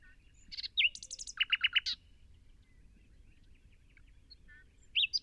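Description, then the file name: Common nightingale singing: a sharp whistle and buzzy notes, then four loud repeated chunky notes, a long quiet gap, and a final burst of high chirps. "Luscinia megarhynchos"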